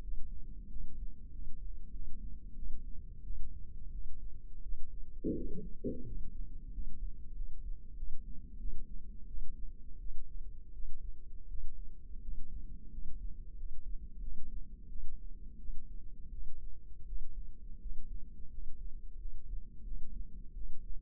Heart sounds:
heart sounds by microphone in the left ear; 88 bpm
0.01 s: heartbeat
0.68 s: heartbeat
1.31 s: heartbeat
1.91 s: heartbeat
2.54 s: heartbeat
3.22 s: heartbeat
3.90 s: heartbeat
4.61 s: heartbeat
5.34 s: heartbeat
6.04 s: heartbeat
6.71 s: heartbeat
7.33 s: heartbeat
7.95 s: heartbeat
8.57 s: heartbeat
9.26 s: heartbeat
9.98 s: heartbeat
10.72 s: heartbeat
11.47 s: heartbeat
12.20 s: heartbeat
12.90 s: heartbeat
13.55 s: heartbeat
14.20 s: heartbeat
14.87 s: heartbeat
15.57 s: heartbeat
16.30 s: heartbeat
17.04 s: heartbeat
17.79 s: heartbeat
18.50 s: heartbeat
19.17 s: heartbeat
19.83 s: heartbeat
20.53 s: heartbeat
From the record:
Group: healthy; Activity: rest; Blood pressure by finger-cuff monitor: 105/73 mmHg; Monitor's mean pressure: 84 mmHg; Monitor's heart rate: 86 bpm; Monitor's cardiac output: 7.3 L/min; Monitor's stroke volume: 84 mL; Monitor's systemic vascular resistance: 830 dyn s/cm5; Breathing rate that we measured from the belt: 10 breaths a minute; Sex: female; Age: 19 years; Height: 163 cm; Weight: 51 kg

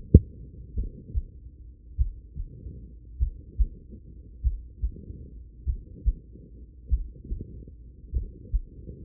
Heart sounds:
heart sounds by stethoscope; 49 bpm
0.74 s: heartbeat
1.96 s: heartbeat
3.18 s: heartbeat
4.41 s: heartbeat
5.64 s: heartbeat
6.88 s: heartbeat
8.11 s: heartbeat
From the record:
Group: heart failure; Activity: rest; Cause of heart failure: idiopathic cardiomyopathy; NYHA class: 2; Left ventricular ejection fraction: 53%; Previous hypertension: present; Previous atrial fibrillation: present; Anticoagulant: apixaban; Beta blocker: bisoprolol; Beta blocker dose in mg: 2.5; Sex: female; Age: 67 years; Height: 150 cm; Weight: 81 kg

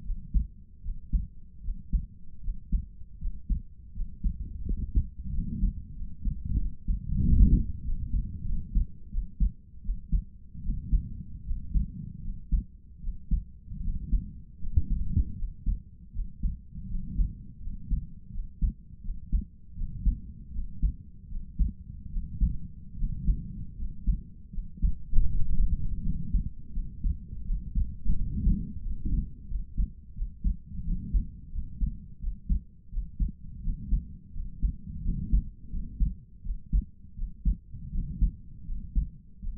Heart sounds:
heart sounds by stethoscope; 82 bpm
0.02 s: heartbeat
0.80 s: heartbeat
1.60 s: heartbeat
2.40 s: heartbeat
3.17 s: heartbeat
3.92 s: heartbeat
4.63 s: heartbeat
5.30 s: heartbeat
5.93 s: heartbeat
6.57 s: heartbeat
7.21 s: heartbeat
7.82 s: heartbeat
8.44 s: heartbeat
9.09 s: heartbeat
9.81 s: heartbeat
10.61 s: heartbeat
11.43 s: heartbeat
12.20 s: heartbeat
12.99 s: heartbeat
13.80 s: heartbeat
14.58 s: heartbeat
15.34 s: heartbeat
16.11 s: heartbeat
16.86 s: heartbeat
17.59 s: heartbeat
18.30 s: heartbeat
19.00 s: heartbeat
19.74 s: heartbeat
20.51 s: heartbeat
21.27 s: heartbeat
22.08 s: heartbeat
22.95 s: heartbeat
23.74 s: heartbeat
24.49 s: heartbeat
25.26 s: heartbeat
26.01 s: heartbeat
26.72 s: heartbeat
27.43 s: heartbeat
28.14 s: heartbeat
28.80 s: heartbeat
29.46 s: heartbeat
30.13 s: heartbeat
30.83 s: heartbeat
31.50 s: heartbeat
32.18 s: heartbeat
32.89 s: heartbeat
33.60 s: heartbeat
34.31 s: heartbeat
35.01 s: heartbeat
35.69 s: heartbeat
36.41 s: heartbeat
37.14 s: heartbeat
37.90 s: heartbeat
38.64 s: heartbeat
39.39 s: heartbeat
From the record:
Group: healthy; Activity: rest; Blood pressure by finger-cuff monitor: 89/63 mmHg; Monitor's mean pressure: 71 mmHg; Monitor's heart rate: 81 bpm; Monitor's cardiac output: 5 L/min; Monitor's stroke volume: 63 mL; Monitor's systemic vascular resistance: 990 dyn s/cm5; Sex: male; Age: 22 years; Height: 181 cm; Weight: 60 kg

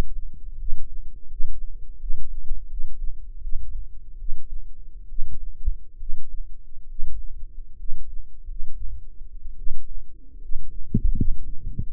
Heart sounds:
heart sounds by microphone in the left ear; 74 bpm
0.55 s: heartbeat
1.27 s: heartbeat
1.97 s: heartbeat
2.67 s: heartbeat
3.38 s: heartbeat
4.15 s: heartbeat
5.05 s: heartbeat
5.96 s: heartbeat
6.86 s: heartbeat
7.75 s: heartbeat
8.44 s: heartbeat
9.54 s: heartbeat
10.37 s: heartbeat
11.12 s: heartbeat
11.88 s: heartbeat
From the record:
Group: healthy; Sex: female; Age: 22 years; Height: 171 cm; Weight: 65.6 kg

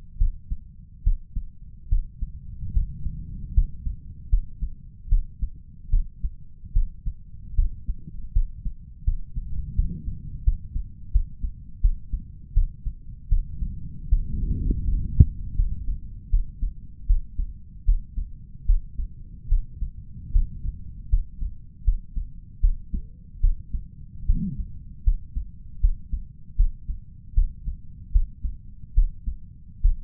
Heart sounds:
heart sounds by stethoscope; 77 bpm
0.17 s: heartbeat
1.03 s: heartbeat
1.88 s: heartbeat
2.72 s: heartbeat
3.53 s: heartbeat
4.29 s: heartbeat
5.08 s: heartbeat
5.89 s: heartbeat
6.72 s: heartbeat
7.55 s: heartbeat
8.32 s: heartbeat
9.04 s: heartbeat
9.75 s: heartbeat
10.43 s: heartbeat
11.11 s: heartbeat
11.81 s: heartbeat
12.53 s: heartbeat
13.28 s: heartbeat
14.08 s: heartbeat
14.84 s: heartbeat
15.55 s: heartbeat
16.29 s: heartbeat
17.06 s: heartbeat
17.85 s: heartbeat
18.65 s: heartbeat
19.48 s: heartbeat
20.32 s: heartbeat
21.09 s: heartbeat
21.84 s: heartbeat
22.60 s: heartbeat
23.40 s: heartbeat
24.26 s: heartbeat
25.03 s: heartbeat
25.80 s: heartbeat
26.56 s: heartbeat
27.34 s: heartbeat
28.11 s: heartbeat
28.94 s: heartbeat
29.81 s: heartbeat
From the record:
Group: healthy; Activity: rest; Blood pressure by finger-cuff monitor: 110/71 mmHg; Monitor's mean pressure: 85 mmHg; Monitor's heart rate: 77 bpm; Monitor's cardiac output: 5.9 L/min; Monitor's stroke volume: 76 mL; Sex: male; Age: 35 years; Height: 178 cm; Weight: 64 kg

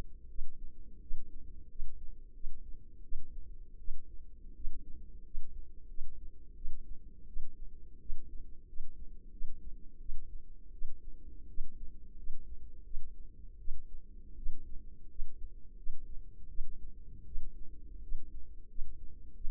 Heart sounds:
heart sounds by microphone in the left ear; 85 bpm
0.29 s: heartbeat
1.00 s: heartbeat
1.69 s: heartbeat
2.33 s: heartbeat
3.02 s: heartbeat
3.78 s: heartbeat
4.54 s: heartbeat
5.24 s: heartbeat
5.88 s: heartbeat
6.55 s: heartbeat
7.26 s: heartbeat
7.99 s: heartbeat
8.66 s: heartbeat
9.31 s: heartbeat
9.99 s: heartbeat
10.72 s: heartbeat
11.47 s: heartbeat
12.16 s: heartbeat
12.84 s: heartbeat
13.58 s: heartbeat
14.36 s: heartbeat
15.08 s: heartbeat
15.76 s: heartbeat
16.48 s: heartbeat
17.25 s: heartbeat
18.01 s: heartbeat
18.68 s: heartbeat
19.34 s: heartbeat
From the record:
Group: healthy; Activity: rest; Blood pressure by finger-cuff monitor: 145/69 mmHg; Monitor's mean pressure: 91 mmHg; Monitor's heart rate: 86 bpm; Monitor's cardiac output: 8.1 L/min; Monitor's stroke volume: 96 mL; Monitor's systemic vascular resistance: 810 dyn s/cm5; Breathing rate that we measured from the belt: 18 breaths a minute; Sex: female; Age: 24 years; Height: 163 cm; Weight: 55.7 kg

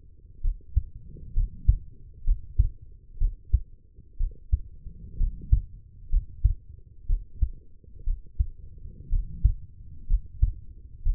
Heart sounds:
heart sounds by stethoscope; 62 bpm
0.41 s: heartbeat
1.33 s: heartbeat
2.24 s: heartbeat
3.18 s: heartbeat
4.17 s: heartbeat
5.17 s: heartbeat
6.09 s: heartbeat
7.06 s: heartbeat
8.04 s: heartbeat
9.09 s: heartbeat
10.07 s: heartbeat
11.02 s: heartbeat
From the record:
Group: healthy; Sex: female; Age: 23 years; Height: 160 cm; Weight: 50.4 kg

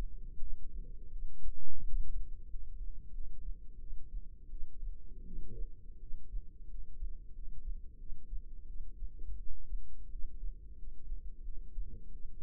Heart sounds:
heart sounds by microphone in the left ear; 87 bpm
0.40 s: heartbeat
1.11 s: heartbeat
1.82 s: heartbeat
2.49 s: heartbeat
3.13 s: heartbeat
3.79 s: heartbeat
4.50 s: heartbeat
5.25 s: heartbeat
6.00 s: heartbeat
6.69 s: heartbeat
7.33 s: heartbeat
7.98 s: heartbeat
8.67 s: heartbeat
9.37 s: heartbeat
10.10 s: heartbeat
10.78 s: heartbeat
11.43 s: heartbeat
12.12 s: heartbeat
From the record:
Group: healthy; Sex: female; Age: 22 years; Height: 161 cm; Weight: 65.5 kg

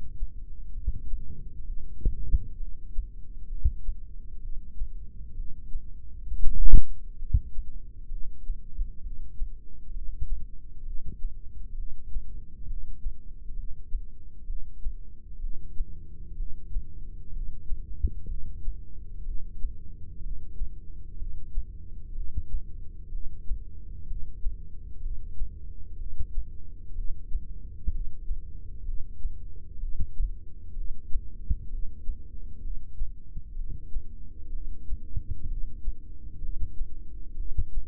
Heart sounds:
heart sounds by microphone in the left ear; 64 bpm
0.75 s: heartbeat
1.67 s: heartbeat
2.60 s: heartbeat
3.50 s: heartbeat
4.43 s: heartbeat
5.37 s: heartbeat
6.28 s: heartbeat
7.20 s: heartbeat
8.11 s: heartbeat
9.04 s: heartbeat
9.94 s: heartbeat
10.86 s: heartbeat
11.78 s: heartbeat
12.68 s: heartbeat
13.57 s: heartbeat
14.48 s: heartbeat
15.42 s: heartbeat
16.38 s: heartbeat
17.34 s: heartbeat
18.29 s: heartbeat
19.26 s: heartbeat
20.23 s: heartbeat
21.19 s: heartbeat
22.16 s: heartbeat
23.12 s: heartbeat
24.08 s: heartbeat
25.03 s: heartbeat
25.99 s: heartbeat
26.96 s: heartbeat
27.92 s: heartbeat
28.86 s: heartbeat
29.81 s: heartbeat
30.76 s: heartbeat
31.71 s: heartbeat
32.63 s: heartbeat
33.57 s: heartbeat
34.53 s: heartbeat
35.49 s: heartbeat
36.42 s: heartbeat
37.37 s: heartbeat
From the record:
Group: heart failure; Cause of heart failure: idiopathic cardiomyopathy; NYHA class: 1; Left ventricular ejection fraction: 50%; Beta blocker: bisoprolol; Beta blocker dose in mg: 5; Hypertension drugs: candesartan, spironolactone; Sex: male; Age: 54 years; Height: 180 cm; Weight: 94.6 kg

